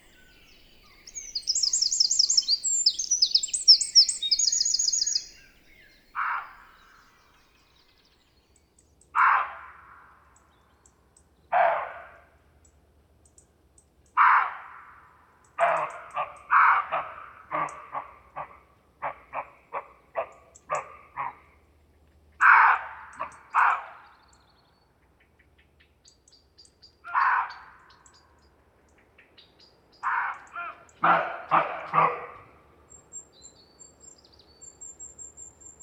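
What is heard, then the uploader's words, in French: Wild birds call in a quiet valley. A bright, high trilling song runs for the first five seconds, then a lower, harsh call repeats in short bursts every few seconds, speeding into a rapid series around the middle. The calls sound against near silence. Divers lieux dans la vallée du Maravel - divers équipements. Confinement COVID19 pendant trois mois seul avec les animaux et paysages sauvages de cette vallée du Haut-Diois.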